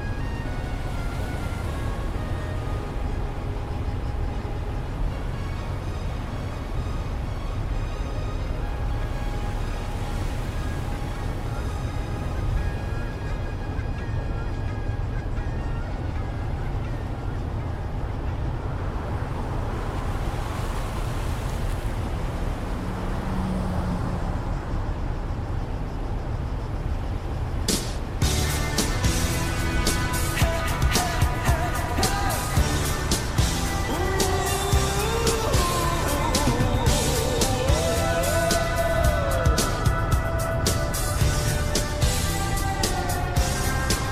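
A low, steady vehicle rumble fills the recording from start to finish, with faint tonal bits like a radio under the first half. Around 28 seconds the sound turns rougher and denser, crackling with rapid clicks and brighter hiss over the continuing drone.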